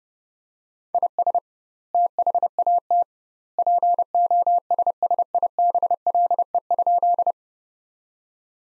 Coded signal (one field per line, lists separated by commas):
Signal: Morse code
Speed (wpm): 31 wpm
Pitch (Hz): 700 Hz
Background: none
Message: IS THAT POSSIBLE?